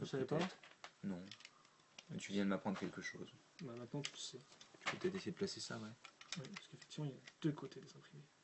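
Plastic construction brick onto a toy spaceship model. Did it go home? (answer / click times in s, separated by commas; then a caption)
no / none. A printed plastic construction-toy brick is being handled to go onto a toy spaceship model, with two people talking throughout and faint tapping underneath. Nothing has seated or clicked yet.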